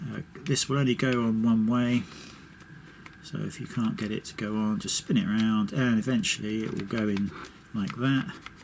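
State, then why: Not seated. Someone talks while handling the plastic air intake filter cover of a GHD Air 1.0 / Helios HE001 hair dryer, turning it against the filter housing so it can go on. A couple of faint, brief handling taps are heard between the speech. The clip ends before the cover is twisted shut, so nothing has clicked or locked into place yet.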